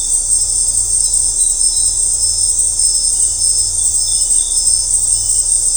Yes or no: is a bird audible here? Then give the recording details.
no. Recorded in dense forest near Puerto Asís, Putumayo, Colombia, on 15 December 2024 at 18:30. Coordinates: 0.503, -76.323. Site G043